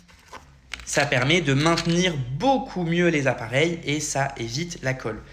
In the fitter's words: les petits réceptacles à l'intérieur de l'appareil et on peut venir clipser. écouter le bruit.